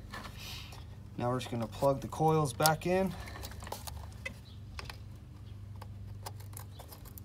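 On a Buick Enclave during a spark plug change, an electrical connector is being handled to plug back onto an ignition coil while someone talks. Small sharp handling taps follow the speech, but the connector has not clicked or seated yet.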